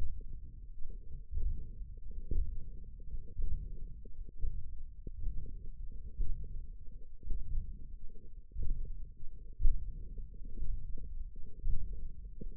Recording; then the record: forearm muscle sounds (acoustic myography)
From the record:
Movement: hand opening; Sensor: system 1, eight BSWA MPA416 microphones around the upper forearm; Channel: 6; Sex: female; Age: 21 years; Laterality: right